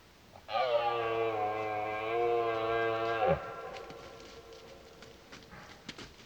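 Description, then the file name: Red deer bellowing a single steady roar of nearly three seconds, deep and harmonic, ending abruptly, followed by faint clicks and background hiss. Roaring during the rut, heard in the distance. "Burlen in deverte"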